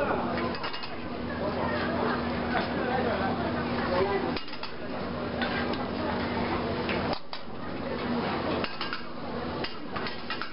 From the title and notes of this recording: The sounds of a chef preparing soup on an outside stove in the Beiyuanmen Muslim Market of Xi'an, China. Chef preparing soup at market.